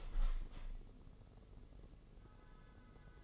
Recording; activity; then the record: daily activity, microphone in the room; open window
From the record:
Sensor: 4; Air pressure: 996.5 hPa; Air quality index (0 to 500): 72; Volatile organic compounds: 3 ppm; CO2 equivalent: 1346 ppm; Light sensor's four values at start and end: 19/53/20/22 and 21/55/22/23